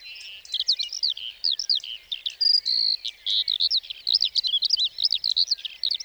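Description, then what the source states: Lark song: a rapid, high-pitched, nearly continuous stream of warbled chirps and trills. Lark singing while perched on top of a bush on the plateau at Lesches-en-Diois, 29 March 2020, before full daybreak; sang for nearly fifteen minutes before flying off; stereo, Nagra Seven, cardioid MKH40 microphone.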